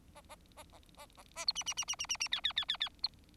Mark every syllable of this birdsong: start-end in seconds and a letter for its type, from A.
0.15-0.21 A, 0.29-0.35 A, 0.56-0.64 A, 0.72-0.79 A, 0.97-1.06 A, 1.17-1.22 A, 1.35-1.45 A, 1.47-1.52 B, 1.55-1.63 C, 1.66-1.74 C, 1.77-1.85 C, 1.88-1.95 C, 1.99-2.06 C, 2.09-2.17 C, 2.20-2.28 C, 2.32-2.40 D, 2.44-2.52 D, 2.56-2.65 D, 2.68-2.77 D, 2.80-2.89 D, 3.03-3.08 B